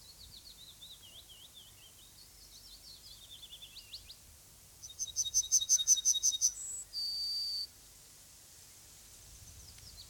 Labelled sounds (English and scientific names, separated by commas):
Yellowhammer (Emberiza citrinella) song